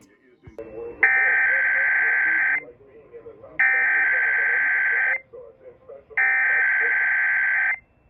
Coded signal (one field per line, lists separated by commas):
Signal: Emergency Alert System (SAME) tones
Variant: header bursts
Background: speech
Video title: EAS 544 - 547: Alerts from 7/20/25